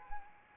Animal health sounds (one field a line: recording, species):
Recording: mosquito wingbeat signal from an infrared sensor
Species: Anopheles arabiensis